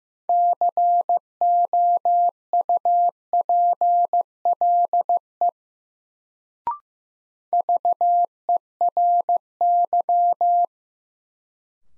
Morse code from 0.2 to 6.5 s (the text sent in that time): COUPLE